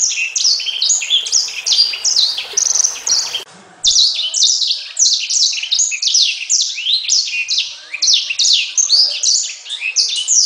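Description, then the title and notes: Bird song: loud, rapid high chattering with repeated downward-sweeping notes in a dense stream, broken by one short gap before resuming. Bird song for training pet birds. "Suara Burung. Suara Kicauan Burung untuk memaster burung kesayangan"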